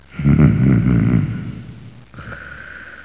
Human snoring.